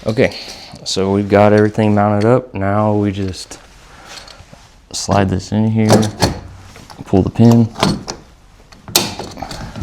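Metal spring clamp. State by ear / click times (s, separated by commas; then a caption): seated / 9.0 s. A fire extinguisher is slid into a metal quick-release mount in an off-road vehicle, and the mount's pin is pulled. Someone talks, then the clamp snaps shut with a loud, sharp click at 9.0 s and locks into place.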